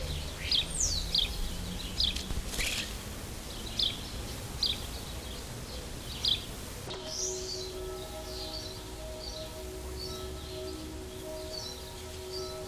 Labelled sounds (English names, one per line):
European Starling song